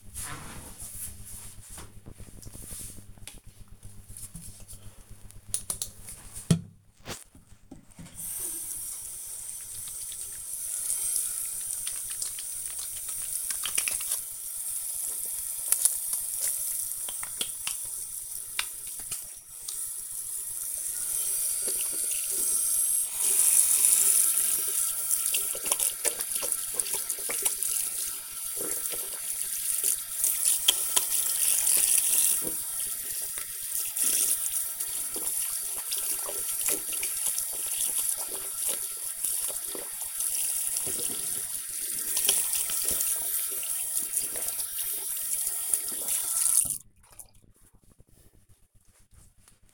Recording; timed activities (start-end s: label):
household activities, microphone on the right wrist
3.05-47.34 s: washing hands